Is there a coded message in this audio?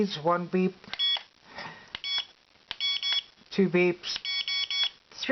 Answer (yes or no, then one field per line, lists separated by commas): no